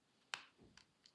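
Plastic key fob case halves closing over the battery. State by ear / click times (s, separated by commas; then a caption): seated / 0.3 s. The two plastic halves of a 2022 Honda Civic key fob case close over the new battery during a dead-battery replacement. With one side already locked in, the other side is pressed down and snaps shut with a sharp click at 0.3 s. Fainter ticks follow near 0.8, 1.1 and 1.2 s, and the case is seated.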